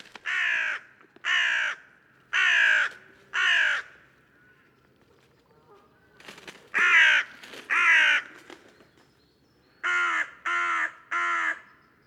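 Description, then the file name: Carrion crow cawing: harsh, hoarse caws in three bouts, four at first, then two after a pause, then three quicker ones at the end, in otherwise quiet surroundings. "Corvus corone"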